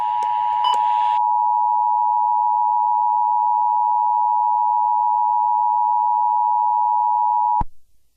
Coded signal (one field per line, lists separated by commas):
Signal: Emergency Alert System (SAME) tones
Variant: 853 and 960 Hz attention tone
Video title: EAS Scenario: CHAOS on the COAST